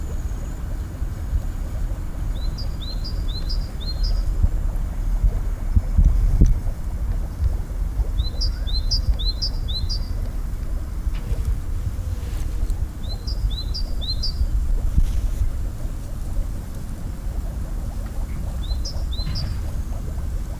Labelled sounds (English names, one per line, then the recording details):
Moor Frog call
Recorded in the wild
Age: adult
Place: Wartenberger Luch, Barnim, Berlin, DE
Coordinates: 52.5733, 13.5256
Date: 1991-03-30 13:08
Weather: Wasser: 10°C; Luft: 14°C (in der Sonne)
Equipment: Uher 4000 Report Monitor, Sennheiser MKH 416 T mit Windschutz
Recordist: Frommolt, Karl-Heinz